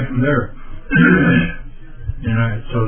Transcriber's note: clears throat